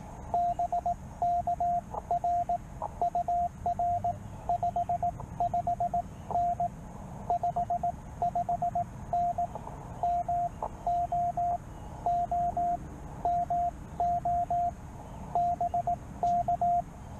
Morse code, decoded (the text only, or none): BK RUR 55N 55N MO O MO BK